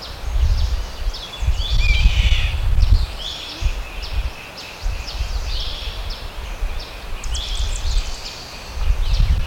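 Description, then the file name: Bird chirping: bursts of sharp, high, sweeping notes with a short lower whistle early, amid strong low rumble coming in bursts. "SABIOD 50 bird 2015"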